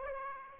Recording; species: mosquito wingbeat signal from an infrared sensor; Aedes aegypti